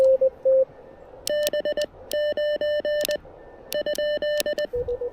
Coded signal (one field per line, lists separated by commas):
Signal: Morse code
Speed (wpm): 20 wpm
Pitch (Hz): 1800 Hz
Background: radio noise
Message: B9 ?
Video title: Three Watts and a Wire: Seizing a Last-Minute POTA Opportunity with the Elecraft KX1!